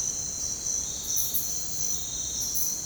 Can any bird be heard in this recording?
no